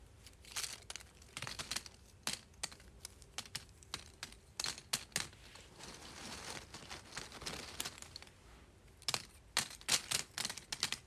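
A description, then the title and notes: Small pieces of cardboard are shuffled in a run of quick, dry clicks and taps, some landing close together in bursts and others spaced apart. The sounds are crisp and bright, with a faint papery rustle between them and brief quiet gaps. ASMR Shuffling Small Cardboard Pieces.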